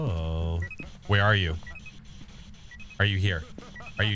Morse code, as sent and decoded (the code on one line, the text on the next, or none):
none